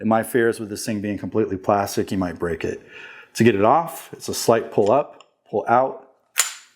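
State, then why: Seated. A plastic folding stock or brace on a CAA USA Micro Conversion Kit (MCK) Gen 1 for the Sig Sauer P320 is moved with a slight pull up and out, then locked into position while someone talks. After a brief pause, a sharp click sounds at 6.4 s as the stock locks, leaving it fully secure and ready to deploy.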